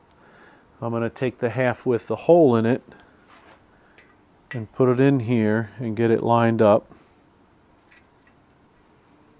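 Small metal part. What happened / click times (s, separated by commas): The part is being positioned and has not seated yet / none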